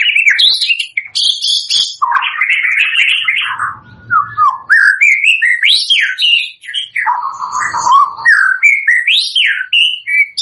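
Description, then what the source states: White-rumped shama song, a rapid stream of varied whistled and slurred notes swooping up and down, with brief harsh chatter and two short low rumbles. Lure song used for bird trapping (pikat).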